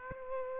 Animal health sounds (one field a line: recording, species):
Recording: mosquito wingbeat signal from an infrared sensor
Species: Aedes aegypti